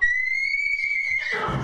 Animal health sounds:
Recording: contact call of a hoofed animal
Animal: horse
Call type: whinny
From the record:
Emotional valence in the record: negative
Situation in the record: group separation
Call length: 1.64 s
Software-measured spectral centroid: 2100 Hz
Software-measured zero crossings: 3880 a second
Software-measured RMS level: -24 dBFS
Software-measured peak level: -11 dBFS

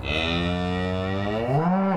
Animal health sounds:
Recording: contact call of a hoofed animal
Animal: cattle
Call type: low-frequency (closed-mouth) or high-frequency (open-mouth) call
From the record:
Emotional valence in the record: negative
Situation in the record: full separation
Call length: 2.0 s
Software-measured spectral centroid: 1560 Hz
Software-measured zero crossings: 1670 a second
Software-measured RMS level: -24 dBFS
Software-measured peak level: -11 dBFS

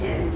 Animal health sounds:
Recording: contact call of a hoofed animal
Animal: pig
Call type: closed-mouth grunt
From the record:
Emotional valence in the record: negative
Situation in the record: short social isolation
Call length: 0.36 s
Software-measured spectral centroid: 1370 Hz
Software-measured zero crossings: 870 a second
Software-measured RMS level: -24 dBFS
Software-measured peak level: -14 dBFS

